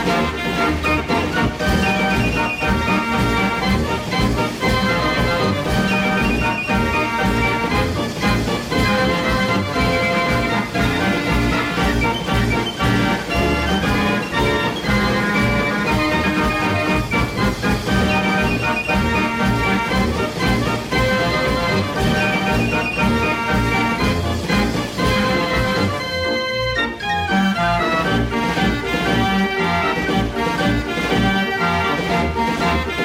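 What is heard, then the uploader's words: A fair organ plays a steady, busy tune with a strong regular beat, many bright pipe notes stacked over a thumping low end. The loudness holds level throughout, with a brief thinning of the sound around the 26-second mark before the full band returns. Fair Organ.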